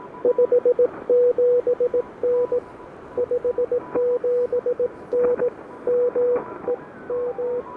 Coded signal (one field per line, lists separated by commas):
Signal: Morse code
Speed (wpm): 20 wpm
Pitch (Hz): 500 Hz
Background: radio noise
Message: 57N 57N ME M